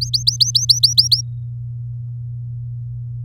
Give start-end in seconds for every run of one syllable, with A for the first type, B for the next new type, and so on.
0.01-1.21 A